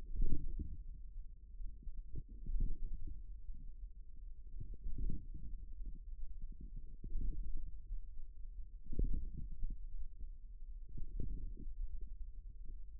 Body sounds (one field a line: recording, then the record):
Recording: forearm muscle sounds (acoustic myography)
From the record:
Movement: radial deviation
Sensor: system 1, eight BSWA MPA416 microphones around the upper forearm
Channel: 8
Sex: male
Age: 41 years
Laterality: right